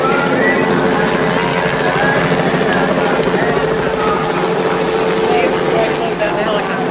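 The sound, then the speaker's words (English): A helicopter over a festival, dropping flowers and dry clothes, makes a steady, loud rotor drone that fills the whole stretch without letting up, with indistinct voices murmuring beneath the mechanical roar. “They're dropping flowers and dry clothes out of a helicopter.”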